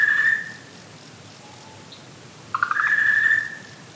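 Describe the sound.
Okinawa green tree frog calling twice: a tonal call cut off at the start, then a longer call opening with rapid pulses and ending in a steady drawn-out tone.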